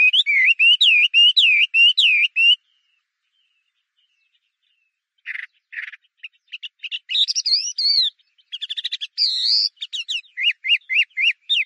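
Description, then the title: Chinese hwamei song opening with a fast series of repeated slurred whistles, falling silent for a few seconds, then resuming with varied buzzy notes and short whistled repeats. "画眉鸟的叫声"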